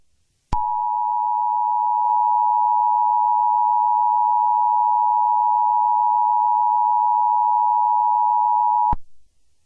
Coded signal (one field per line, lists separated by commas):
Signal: Emergency Alert System (SAME) tones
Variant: 853 and 960 Hz attention tone